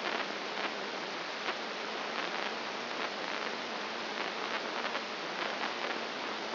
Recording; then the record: brain microelectrode recording played as sound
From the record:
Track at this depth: outside the subthalamic nucleus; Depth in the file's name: 5.501 mm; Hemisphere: left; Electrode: 2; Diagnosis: Parkinson's disease